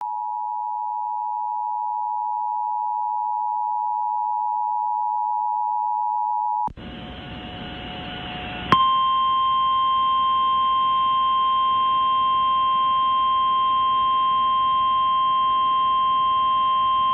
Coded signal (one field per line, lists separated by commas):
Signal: Emergency Alert System (SAME) tones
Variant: 853 and 960 Hz attention tone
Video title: Georgia Gets It | EAS Alerts from January 4th, 2023 (EAS #2169-2173)